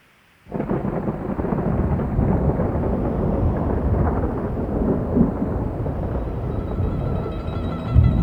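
Steady heavy rain pours down in Siena after a brief silence, with a deep rumbling thunderstorm rolling underneath throughout and no voices present.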